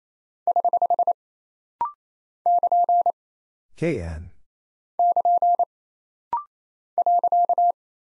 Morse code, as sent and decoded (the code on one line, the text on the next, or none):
........ / -.--. / -.--. / .-.-.-
<HH> <KN> <KN> .